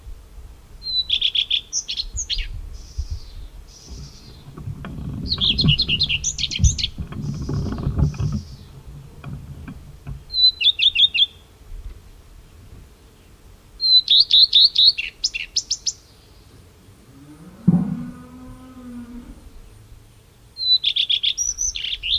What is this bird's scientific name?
Phoenicurus phoenicurus